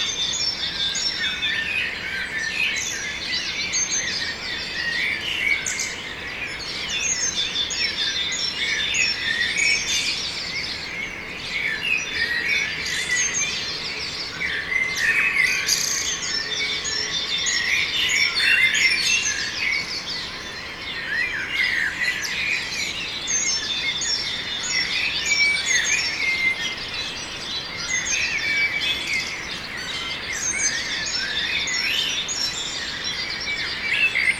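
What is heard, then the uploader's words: A dense morning chorus of many bird species sings at once, with chirps, trills and whistles overlapping continuously in the high range. The singing stays busy and steady throughout, swelling slightly at moments, over a soft low hush. A very birdy morning in Tübingen last spring. Ends with a cacophony of various species about half an hour after sunrise.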